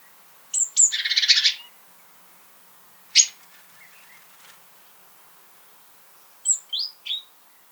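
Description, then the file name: Great tit scolding: a high thin note, then a harsh rasping churr of about one second, a short sharp note, and a few high squeaky notes near the end. "Parus major"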